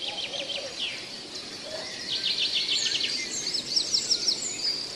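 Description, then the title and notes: Long-tailed shrike song of quick, high, repeated chip notes in several short rattling series. Indonesian training audio (masteran), meant as therapy to restart shrikes that have stopped singing. "Audio Terapi untuk Burung Cendet Macet. Masteran Burung Cendet"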